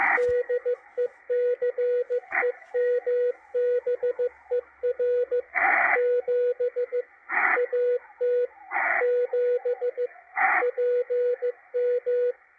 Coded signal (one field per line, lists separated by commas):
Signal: Morse code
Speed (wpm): 15 wpm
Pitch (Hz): 490 Hz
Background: radio noise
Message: DECEMBER 7 AT 7 PM